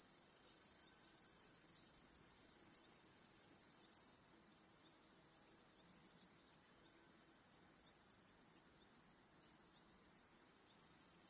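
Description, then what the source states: Crickets in a dense, continuous high-pitched trilling chorus, a steady shimmering hiss that softens noticeably after about four seconds and then holds level. Chorus of crickets in a home backyard at night.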